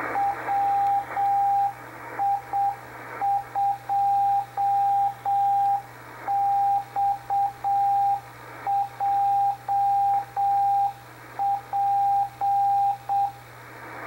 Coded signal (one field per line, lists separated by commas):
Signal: Morse code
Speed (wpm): 7 wpm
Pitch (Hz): 800 Hz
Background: radio noise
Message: WI2XJP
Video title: WI2XJP Experimental station received 5058 Khz Shortwave in Morse Code